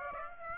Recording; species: mosquito wingbeat signal from an infrared sensor; Aedes aegypti